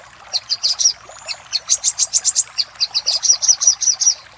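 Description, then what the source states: Little spiderhunter giving high, clipped notes in quick series, with a thin whistle early on. Master recording for training cage birds; local name sogok ontong.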